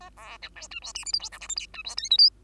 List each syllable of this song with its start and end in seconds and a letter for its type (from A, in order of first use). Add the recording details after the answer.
0.00-0.10 A, 0.17-0.38 B, 0.42-0.50 C, 0.55-0.68 D, 0.71-0.80 E, 0.82-0.93 F, 0.94-1.05 G, 1.05-1.12 H, 1.13-1.19 I, 1.19-1.30 J, 1.32-1.39 K, 1.40-1.48 L, 1.49-1.55 M, 1.56-1.67 N, 1.73-1.83 E, 1.84-1.95 F, 1.97-2.09 O, 2.10-2.17 P, 2.18-2.29 Q. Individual Bird2